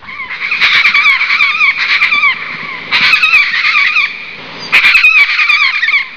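Major Mitchell's cockatoo giving loud, wavering, squealing screeches in three dense bursts, the harsh notes bending up and down.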